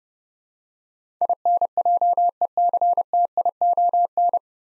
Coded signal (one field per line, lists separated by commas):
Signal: Morse code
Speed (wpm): 29 wpm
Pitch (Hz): 700 Hz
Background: none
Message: INJECTION